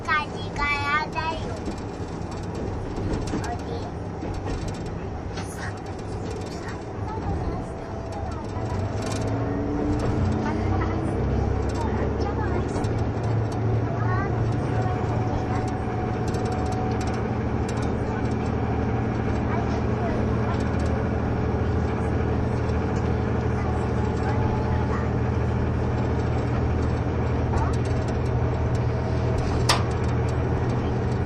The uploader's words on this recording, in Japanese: キハ71系 ゆふいんの森03号02 日田～由布院。走行音(音の旅)。